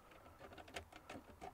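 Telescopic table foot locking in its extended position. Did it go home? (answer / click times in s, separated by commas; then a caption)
no / none. The telescopic foot of a VW T3 camper van's table is handled as it is extended or pushed together, giving a series of soft rattling and sliding sounds with a sharp hit at about 0.8 s. The clip ends just before the lock engages, so nothing has clicked into place yet.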